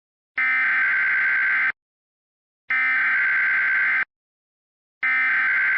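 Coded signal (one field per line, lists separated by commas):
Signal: Emergency Alert System (SAME) tones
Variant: header bursts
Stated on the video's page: Fictional EAS scenario, not a real alert.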